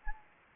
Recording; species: mosquito wingbeat signal from an infrared sensor; Anopheles gambiae